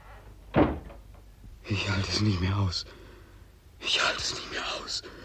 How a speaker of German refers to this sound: Ich glaube, es ist gut, wenn Sie die Tür zumachen. Ganz schnell. Ganz schnell. Und schließen Sie ab. Machen Sie ganz schnell die Tür zu, sag ich Ihnen. Machen Sie!